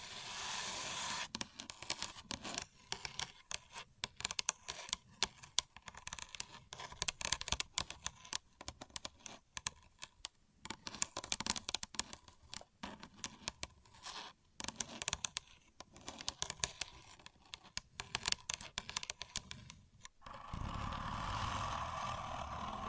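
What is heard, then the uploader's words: A contour gauge's pins clatter in dense, rapid clicking bursts for about twenty seconds, bracketed by brief steady hiss. Using A Contour Gauge (No Talking).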